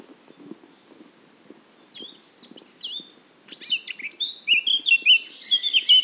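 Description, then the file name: Eurasian blackcap song: quiet low noise at first, then a varied warble swelling into loud, clear fluting phrases at the end. "Sylvia atricapilla"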